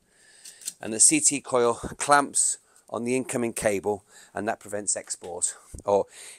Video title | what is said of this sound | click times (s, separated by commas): Lifelynk Explained - Sunsynk Mobile | and make sure I again is the orientation correct sealed in it locks in place | 0.7 s